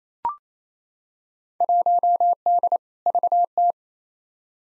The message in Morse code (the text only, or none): 1D VT